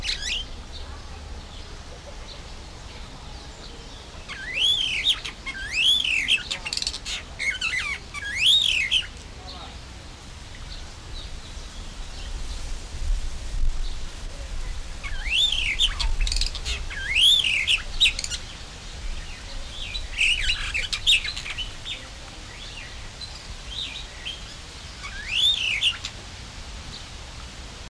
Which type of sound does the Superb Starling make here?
song